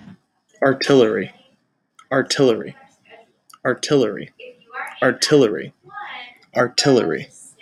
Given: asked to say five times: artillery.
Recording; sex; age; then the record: repeated word; male; 20 to 29 years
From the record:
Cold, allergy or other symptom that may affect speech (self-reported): no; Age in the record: 27 years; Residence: Connecticut, United States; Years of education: 18